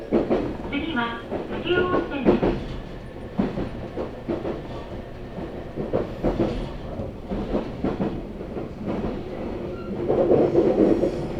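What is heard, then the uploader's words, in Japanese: A train runs along the Sasebo Line between Arita and Kitakata, with a steady low rumble throughout. Sharp wheel clacks over rail joints come every second or so, and a humming motor tone rises in the first two seconds and again near the end. 音の旅 佐世保線 有田→北方。普通列車鳥栖行きに乗車します。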